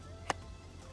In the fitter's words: And then the light itself, using the same little knobs, just clicks right in like that.